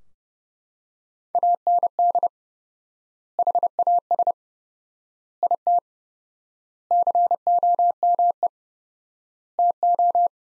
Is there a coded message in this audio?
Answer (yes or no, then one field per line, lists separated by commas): yes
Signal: Morse code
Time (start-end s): 1.4-10.3 s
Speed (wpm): 30 wpm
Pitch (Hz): 700 Hz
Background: none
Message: AND HAS IT COME TO